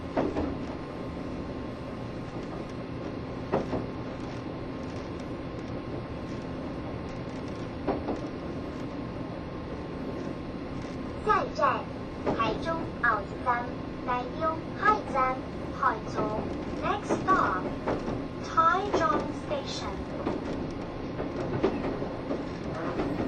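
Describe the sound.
Inside a Taiwan Railways EMU1200 electric train running on the trunk line, a steady low rumble and hum carry throughout, with a faint tone held underneath. Sharp knocks land near 4 and 8 seconds, and from about 11 seconds a person talks in bursts over the running noise.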